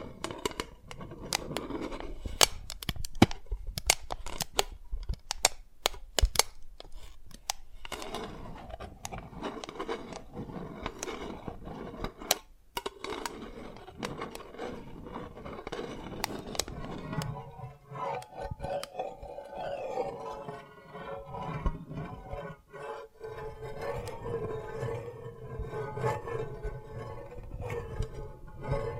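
Tapping and cracking on dalgona candy, with many sharp, bright clicks packed densely in the first eight seconds, then scattered taps through the middle. After about seventeen seconds a softer rustling, scraping texture takes over, with occasional crisp snaps and a low murmur underneath.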